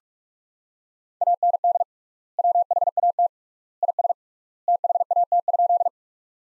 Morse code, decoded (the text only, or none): AND WHAT IS THAT?